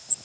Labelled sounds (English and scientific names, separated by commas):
Cape May Warbler (Setophaga tigrina) flight call